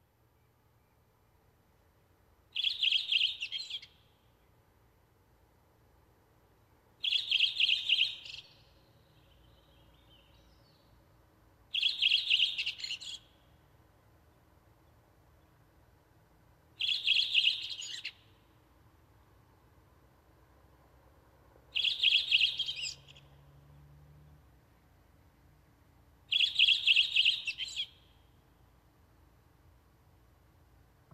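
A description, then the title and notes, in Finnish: A redwing sings short, bright, twittering phrases about every five seconds, six times, over a faint low hum and otherwise quiet background. Viikon luontoääni: Punakylkirastas.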